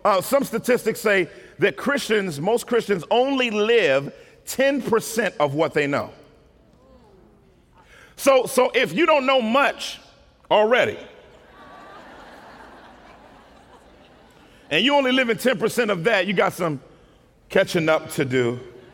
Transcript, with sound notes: Some statistics say that most Christians only live ten percent of what they know. So if you don't know much already [laughter] and you're only living ten percent of that, you've got some catching up to do.